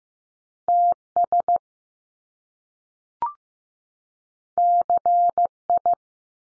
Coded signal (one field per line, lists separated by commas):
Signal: Morse code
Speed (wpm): 15 wpm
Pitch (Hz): 700 Hz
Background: none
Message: T S C I